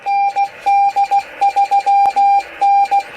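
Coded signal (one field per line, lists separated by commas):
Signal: Morse code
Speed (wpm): 16 wpm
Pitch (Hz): 800 Hz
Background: none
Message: ND3N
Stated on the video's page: Icom IC-718 set up for CW transmit, keyed via keyer, mic buttons or WinKeyer USB, into a dummy load for practice.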